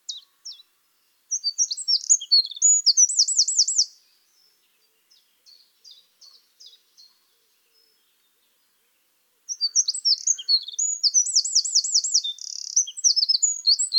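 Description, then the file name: Eurasian wren singing twice: each phrase is a fast, high cascade of piercing notes with a rattling trill, separated by a pause with a few quiet ticks. "Troglodytes troglodytes"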